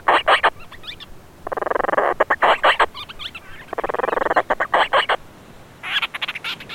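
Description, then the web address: Madeiran storm petrel chattering calls: harsh purring bursts broken by rapid stuttering notes, repeated in several runs with short pauses between. Seabird vocalisations. "aves-marinhas painho-madeira geral Vocalizacoes"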